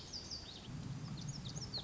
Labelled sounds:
Lazuli Bunting
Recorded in Sonoma County, California

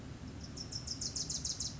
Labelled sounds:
Wilson's Warbler
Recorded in Sonoma County, California

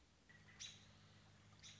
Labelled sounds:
American Robin
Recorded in Sonoma County, California

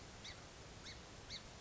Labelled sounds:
Song Sparrow
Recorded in Sonoma County, California

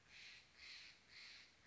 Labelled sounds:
Steller's Jay
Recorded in Sonoma County, California

